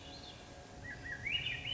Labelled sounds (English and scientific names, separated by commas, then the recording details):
Swainson's Thrush (Catharus ustulatus)
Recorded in Sonoma County, California